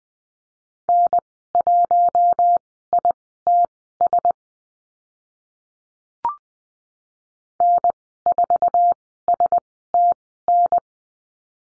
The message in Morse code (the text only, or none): N1ITS N4STN